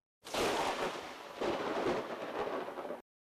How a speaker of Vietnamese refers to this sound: Một trận sấm rền vang lên, cắt ngang lời kể của Grim. Càng ngày càng nhiều mây đen tụ lại, trong không khí đã có hạt mưa rơi xuống.